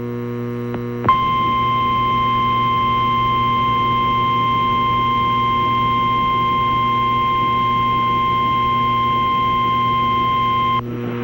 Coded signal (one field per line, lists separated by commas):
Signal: Emergency Alert System (SAME) tones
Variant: 1050 Hz attention tone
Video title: EAS Civil Emergency Message (Water Backup) – KELO-TV 11, Sioux Falls, SD (8/4/2010)